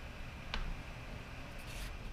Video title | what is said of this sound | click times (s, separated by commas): Commercial Meta HT Build // Racework Crankset Overview and Installation | just tighten until it clicks and then you're good just like this | 0.5 s